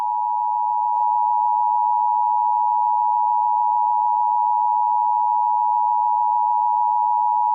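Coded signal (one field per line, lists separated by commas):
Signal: Emergency Alert System (SAME) tones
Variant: 853 and 960 Hz attention tone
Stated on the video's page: Recreation of a Texas Amber Alert child abduction emergency.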